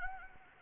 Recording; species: mosquito wingbeat signal from an infrared sensor; Anopheles arabiensis